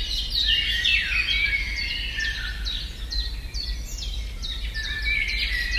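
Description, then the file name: Eurasian blackcap song of rapid chattering and fluting notes, dense at first then looser sharp notes, over steady low-frequency noise. "blackcap freesound"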